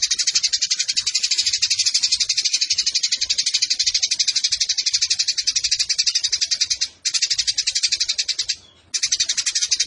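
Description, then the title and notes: Eurasian tree sparrow giving a prolonged, rapid, buzzy chatter of high notes, pausing twice briefly near the end before starting again. Indonesian burung gereja; fighting (tarung) sparrow giving long 'nembak' bursts with a clear voice, used as a master recording for training competition birds. "GEREJA TARUNG NEMBAK PANJANG SUARA JERNIH MASTERAN WAJIB BURUNG LOMBA. Burung Gereja"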